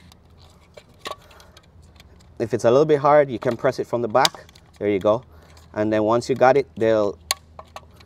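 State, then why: Seated. A replacement plastic insert is pressed into a weatherproof outlet cover while someone talks, with a few faint taps and handling sounds early on. Two sharp snaps at 7.6 s and 7.8 s mark its retaining clips snapping home, seating the insert in the cover.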